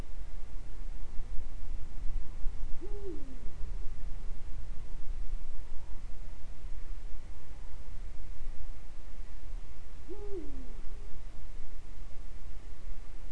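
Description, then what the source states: Eurasian eagle-owl repeating its deep hoot twice, roughly seven seconds apart, each call rising then sinking, over steady low background rumble. Recorded in Øygarden, Vestland, Norway, in 2020.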